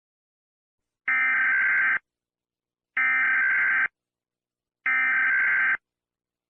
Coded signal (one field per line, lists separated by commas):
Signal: Emergency Alert System (SAME) tones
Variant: header bursts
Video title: Barney Error: EAS Edition